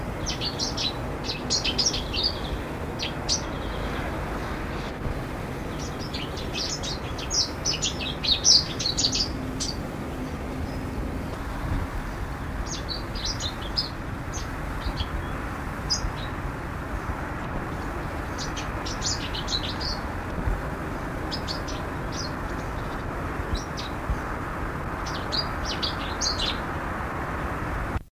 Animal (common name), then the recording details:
Cetti's Warbler. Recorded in the wild. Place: Berneburg (Sontra), Hessen, DE. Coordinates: 51.06, 9.88. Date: 1975-08-02. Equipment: Halbspur, 9,5 cm/s. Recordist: Lütgens, Hans. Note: Gesang